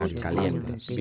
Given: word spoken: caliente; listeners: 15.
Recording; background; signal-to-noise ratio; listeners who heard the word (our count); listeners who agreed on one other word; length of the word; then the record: one Spanish word in noise, from a listening test; four-talker babble; -1.0 dB; 5 of 15; 8 of 15; 0.61 s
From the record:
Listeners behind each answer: 8, 5, 1, 1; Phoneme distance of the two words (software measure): 7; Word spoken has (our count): 3 syllables, 8 phonemes, stress on syllable 2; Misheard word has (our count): 3 syllables, 9 phonemes, stress on syllable 2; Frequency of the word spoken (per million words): 44.76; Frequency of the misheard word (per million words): 9.72